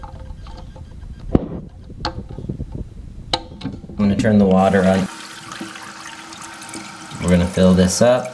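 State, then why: Seated. A replacement rubber toilet flapper, with its center ring removed, is pressed onto the plastic pegs of the overflow tube in the toilet tank. Its ears snap into place with two sharp clicks at 2.0 s and 3.3 s, seating the flapper. Afterward someone talks and water runs as the tank begins to fill.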